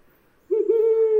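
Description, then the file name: Brown wood owl with a single low, steady hoot that begins with a short stutter and is cut off abruptly. "褐林鴞"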